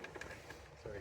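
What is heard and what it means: A wiring connector is handled and lined up with its mating socket on a lawn tractor, making a few faint, short ticks near 0.0, 0.2 and 0.5 seconds while someone talks. Nothing has seated or clicked yet; the connector is not yet pushed fully home.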